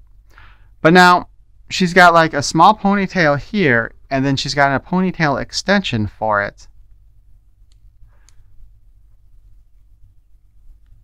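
Someone talks while a plastic ponytail extension is handled against a Playmobil toy figure's small ponytail hairpiece, followed by a few faint handling taps near 7.7 and 8.3 seconds. Nothing has seated or clicked into place yet.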